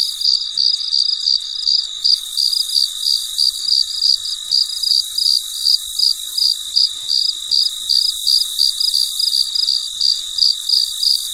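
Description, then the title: Steady cricket chirping, short shrill pulses repeating quickly and evenly, with a continuous high background whine. Recorded late at night, very quiet surroundings. "深夜录制蟋蟀昆虫声"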